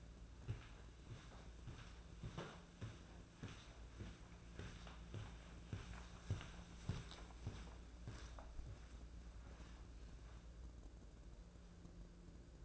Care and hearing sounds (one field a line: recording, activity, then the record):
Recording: daily activity, microphone in the room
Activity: walk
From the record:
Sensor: 2